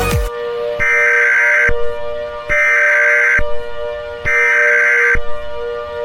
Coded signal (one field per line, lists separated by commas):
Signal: Emergency Alert System (SAME) tones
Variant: header bursts